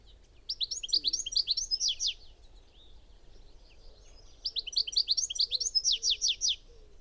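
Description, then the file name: European goldfinch twittering, two bursts of rapid, bright, liquid notes in quick runs, separated by a short pause. "Carduelis carduelis"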